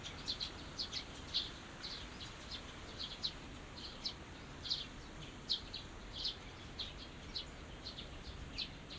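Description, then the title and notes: Small birds chirping, many short high notes in a loose run over a steady low background rumble. Small birds singing in a small garden in a corner of Yushima Tenjin shrine, Tokyo, surrounded by buildings, recorded after rain; binaural recording. "小鳥のさえずり、雨上がりの庭園にて（Binaural）- Birds singing in the garden. 湯島天神の片隅にある小さな庭園で録音しました。"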